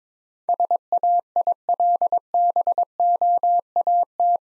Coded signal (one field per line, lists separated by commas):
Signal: Morse code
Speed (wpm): 22 wpm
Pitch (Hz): 700 Hz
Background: none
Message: SAILBOAT